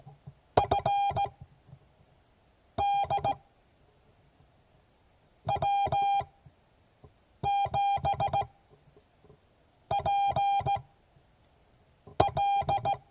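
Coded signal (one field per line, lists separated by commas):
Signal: Morse code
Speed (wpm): 17 wpm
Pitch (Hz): 800 Hz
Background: none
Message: FD W7PL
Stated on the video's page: Morse code class.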